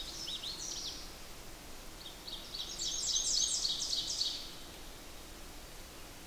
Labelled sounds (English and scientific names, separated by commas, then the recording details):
Ovenbird (Seiurus aurocapilla) song
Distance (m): 35 m
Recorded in boreal forest in Alberta, Canada, on 8 June 2016 at 06:55
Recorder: SongMeter 3, array SBT-3-9
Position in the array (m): 47 m, 103 m
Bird 33